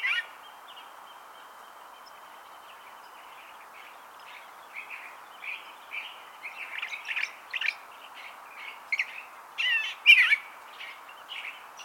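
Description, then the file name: California thrasher song starting quietly, with a faint thin tone early on, then building into a series of scratchy, varied phrases that grow louder toward the end. "Toxostoma redivivum - California Thrasher"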